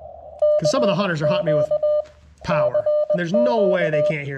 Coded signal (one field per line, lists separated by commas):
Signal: Morse code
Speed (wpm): 19 wpm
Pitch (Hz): 600 Hz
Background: speech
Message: KQ CQ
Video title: Wait....WHAT key? CW POTA at K-2032